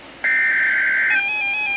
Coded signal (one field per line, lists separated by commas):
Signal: Emergency Alert System (SAME) tones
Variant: header bursts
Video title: NOAA Weather Radio - EAS #236 - Tornado Warning - 7/25/12